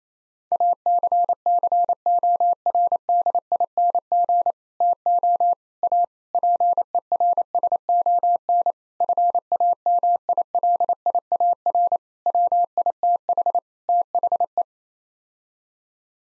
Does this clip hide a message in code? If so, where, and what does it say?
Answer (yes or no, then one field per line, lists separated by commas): yes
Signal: Morse code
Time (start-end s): 0.5-14.6 s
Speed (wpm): 28 wpm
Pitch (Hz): 700 Hz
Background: none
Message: ACCORDING TO A PERSON FAMILIAR WITH THE